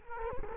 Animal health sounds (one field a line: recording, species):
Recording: mosquito wingbeat signal from an infrared sensor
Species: Culex quinquefasciatus